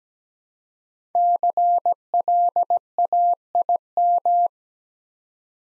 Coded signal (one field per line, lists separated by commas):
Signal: Morse code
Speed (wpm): 17 wpm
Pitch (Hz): 700 Hz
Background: none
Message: CLAIM